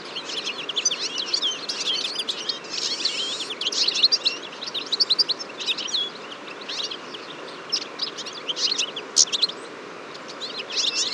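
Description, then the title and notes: Eurasian siskin flock, a steady chorus of high chirps and short buzzy trills, pulsing louder and softer over several seconds. Large flock at a feeder on a February morning, 23 February 2014, Fourcinet, Drôme, France; recorded with Nagra Seven and Telinga P7. "Choeur de fringilles. 23 février 2014-Fourcinet - Drôme. un grand nombre de Tarin des aulnes (Carduelis spinus)"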